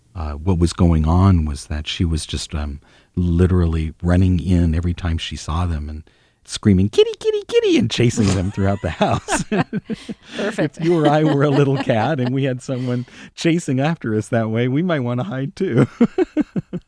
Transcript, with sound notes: What was going on was that she was just literally running in every time she saw them and screaming, kitty, kitty, kitty and chasing them throughout the house.
(LAUGHTER)
Perfect.
If you or I were a little cat and we had someone chasing after us that way, we might want to hide too.